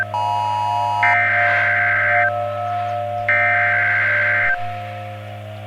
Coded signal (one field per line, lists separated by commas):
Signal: Emergency Alert System (SAME) tones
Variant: header bursts